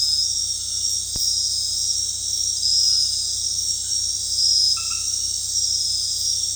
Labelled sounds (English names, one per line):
none